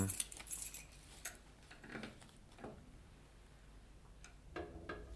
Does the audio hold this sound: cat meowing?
no